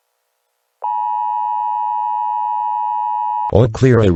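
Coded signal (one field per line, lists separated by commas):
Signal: Emergency Alert System (SAME) tones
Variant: 853 and 960 Hz attention tone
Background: speech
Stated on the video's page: Simulated EAS scenario.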